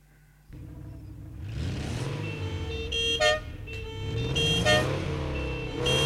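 Car horns honk over a steady rumble of traffic, with several overlapping toots and two louder, brassy blasts breaking through in the second half.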